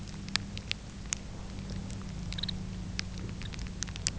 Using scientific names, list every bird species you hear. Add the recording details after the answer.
Calcarius lapponicus. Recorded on Arctic tundra, site UTQI-5, on 13 June 2019. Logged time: 18:00